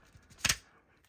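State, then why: Seated. A caster wheel stem on a GTRacing Luft-600 gaming chair, which would not go in at first, is wiggled and pushed into its socket in the plastic star base. At 0.5 s (0.45 s) a sharp, bright double pop rings out as the stem seats, followed by a short fade and a faint tick near 1.1 s. The caster ends up locked into place.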